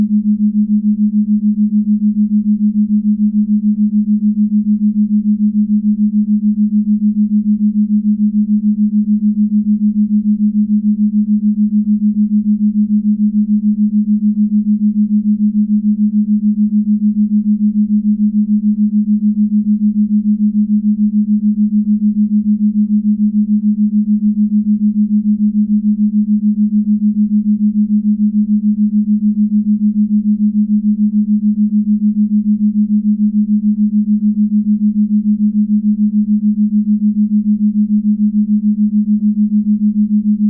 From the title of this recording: 6.8Hz Theta Waves